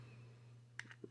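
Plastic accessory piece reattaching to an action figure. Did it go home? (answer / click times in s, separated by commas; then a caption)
yes / 0.8 s. A removable plastic accessory piece is pushed back onto a Masters of the Universe MasterVerse New Eternia Man-At-Arms action figure over a low steady hum. A crisp click at 0.8 s marks it snapping into place, followed by two softer clicks. The piece is seated.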